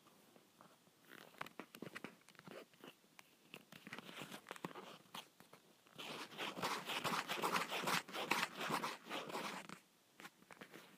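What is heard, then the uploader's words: Leather being scratched in quick, rough strokes, each a brief dry rasp. The scraping is sparse at first, then grows denser and louder from about six to ten seconds in a continuous gritty rub, before thinning out again at the end. ASMR Leather Scratching.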